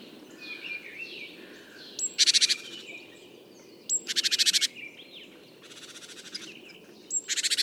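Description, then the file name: Great tit churring calls: harsh buzzy rattles, repeated four times, with softer whistled notes in the background. "Mesange charbonniere cris"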